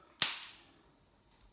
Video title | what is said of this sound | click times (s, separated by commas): Mazda 2 3 4 5 6 Key Fob Battery Replacement | like so, make sure it clicks in place. | 0.2 s